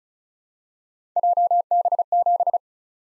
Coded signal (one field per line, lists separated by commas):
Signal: Morse code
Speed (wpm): 36 wpm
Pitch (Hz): 700 Hz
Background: none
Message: JB7